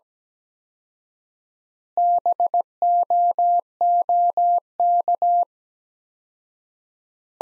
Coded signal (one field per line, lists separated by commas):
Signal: Morse code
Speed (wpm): 17 wpm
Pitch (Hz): 700 Hz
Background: none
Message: BOOK